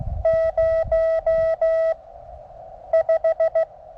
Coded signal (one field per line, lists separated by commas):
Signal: Morse code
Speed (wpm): 17 wpm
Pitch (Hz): 650 Hz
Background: none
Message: 0 5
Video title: 17' Whip Resonant ~ NO Antenna Tuner Needed! ~ QRP Mountain Topper MTR 3B